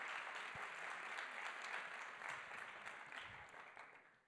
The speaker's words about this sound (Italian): Grazie, fate un applauso ai tre sposi, grazie mille.